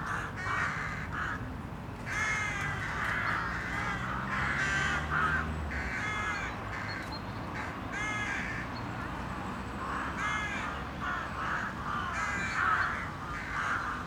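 Crow caws, coarse drawn-out calls coming in uneven bursts from more than one bird, with a steady low rumble underneath throughout.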